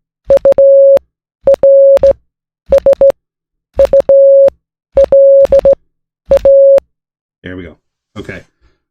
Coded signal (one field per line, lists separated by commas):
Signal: Morse code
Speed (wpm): 16 wpm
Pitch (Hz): 550 Hz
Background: speech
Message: URSULA